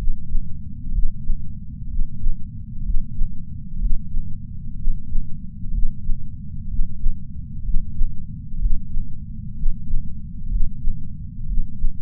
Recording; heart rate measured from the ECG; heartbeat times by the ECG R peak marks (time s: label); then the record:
heart sounds by patch sensor on the chest; 63 bpm
0.91 s: heartbeat
1.87 s: heartbeat
2.82 s: heartbeat
3.78 s: heartbeat
4.75 s: heartbeat
5.70 s: heartbeat
6.67 s: heartbeat
7.62 s: heartbeat
8.58 s: heartbeat
9.54 s: heartbeat
10.48 s: heartbeat
11.45 s: heartbeat
From the record:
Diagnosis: coronary artery disease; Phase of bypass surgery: preoperative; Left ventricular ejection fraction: 49.5%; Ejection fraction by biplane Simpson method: 47.8%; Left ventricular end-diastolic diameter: 60 mm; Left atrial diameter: 43 mm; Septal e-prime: 5 cm/s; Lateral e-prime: 6.6 cm/s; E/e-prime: 10.3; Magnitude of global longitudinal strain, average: 15.5%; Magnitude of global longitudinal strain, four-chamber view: 15.2%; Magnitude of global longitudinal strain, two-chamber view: 16.5%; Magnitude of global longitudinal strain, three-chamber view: 14.7%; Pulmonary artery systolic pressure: 27 mmHg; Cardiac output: 5.6 L/min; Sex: male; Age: 57 years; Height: 175 cm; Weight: 71 kg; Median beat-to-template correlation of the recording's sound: 0.89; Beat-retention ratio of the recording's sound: 0.99